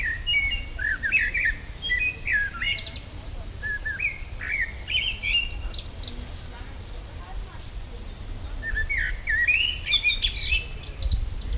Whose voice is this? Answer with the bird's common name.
Common Blackbird